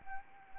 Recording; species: mosquito wingbeat signal from an infrared sensor; Anopheles arabiensis